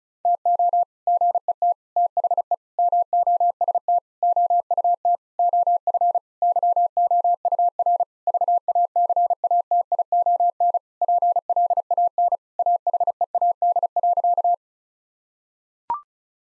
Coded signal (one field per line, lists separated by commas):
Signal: Morse code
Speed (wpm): 34 wpm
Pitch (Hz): 700 Hz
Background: none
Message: TO GET THE MOST OUT OF YOUR VACATION PLAN AHEAD.